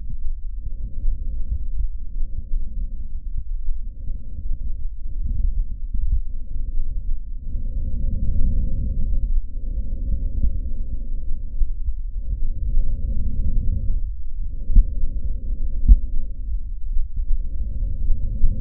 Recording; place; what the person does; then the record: lung sounds by stethoscope; trachea; quiet breathing, then deep breathing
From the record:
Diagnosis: COPD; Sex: male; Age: 70 years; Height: 183 cm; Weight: 116 kg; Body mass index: 34.6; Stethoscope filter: bell mode